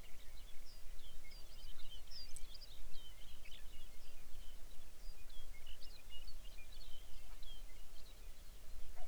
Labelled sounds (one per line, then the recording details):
songbird
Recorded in the Arctic National Wildlife Refuge, Alaska, on 23 May 2019 at 05:37
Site 49